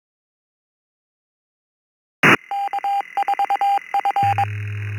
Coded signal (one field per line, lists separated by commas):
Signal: Morse code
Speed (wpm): 22 wpm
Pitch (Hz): 800 Hz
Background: none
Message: K4F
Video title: SWL The East Coast Reflector Morning Brew 1006 2025 07 14 07 00 13